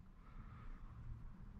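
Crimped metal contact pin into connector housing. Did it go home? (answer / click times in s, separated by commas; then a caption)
no / none. A crimped metal contact pin is being handled and pushed into the plastic housing of a waterproof DC connector. Only a low, steady rumbling noise is heard, with no sharp transients. Nothing has seated or clicked yet.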